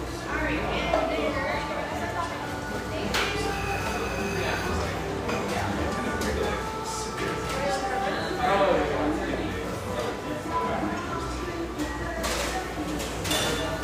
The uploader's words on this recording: Our final Portland recording session (for now) takes place in this industrial-aesthetic cafe in Portland's pictureesque Grant Park neighborhood.